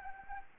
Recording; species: mosquito wingbeat signal from an infrared sensor; Anopheles arabiensis